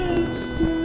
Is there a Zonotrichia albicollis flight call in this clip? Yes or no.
no